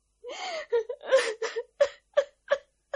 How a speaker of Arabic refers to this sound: كفاية عياط بقى